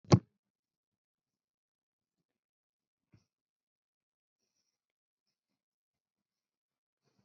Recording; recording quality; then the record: deep breathing; poor, much background noise or distortion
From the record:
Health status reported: COVID-19 positive, mild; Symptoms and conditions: cough, sore throat, fever, fatigue, hypertension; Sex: female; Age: 47 years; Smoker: not ticked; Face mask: not worn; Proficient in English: yes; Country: India